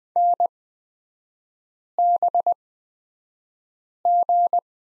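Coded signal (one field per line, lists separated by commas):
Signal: Morse code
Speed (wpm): 20 wpm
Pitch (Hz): 700 Hz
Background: none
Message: NBG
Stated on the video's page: Morse course lesson on the letter Z with three-character groups, Farnsworth spacing of 20/10 wpm.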